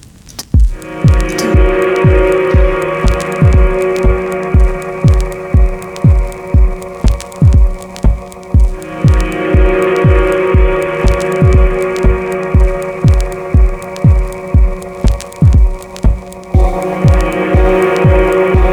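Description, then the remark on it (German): Dance track with a steady, thumping four-on-the-floor kick and sustained synth chords, overlaid with scattered vinyl-style crackle and pops throughout; loud and continuous, with no voices. “Tanzmusik mit Rauschen von Vinyl.”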